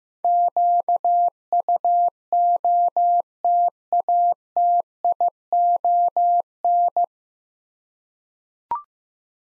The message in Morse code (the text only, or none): QUOTATION